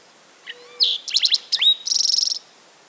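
Green-tailed towhee song, short and bright: clipped notes and a quick burst of chips, a sliding whistle, then a dry fast trill; a faint low steady whistle briefly underneath.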